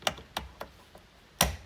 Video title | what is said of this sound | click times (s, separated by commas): How to replace Gen. 2 Mazda 3 sedan rear turn signal bulbs. (Amber to Red; 100% legal!) | Make sure it clicks, | 1.4 s